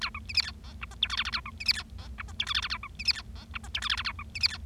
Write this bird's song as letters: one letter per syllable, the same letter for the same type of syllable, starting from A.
A B C D E F G H I J K K A B C D E F G H I J K K A B C D E F G H I J K K A B C D E